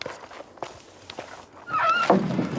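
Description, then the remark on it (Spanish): A few soft footsteps and thumps, then a father opens the house door, which swings open with a rising, squeaky creak that grows louder over a rustling, fuller wash of sound. “El padre abre la puerta.”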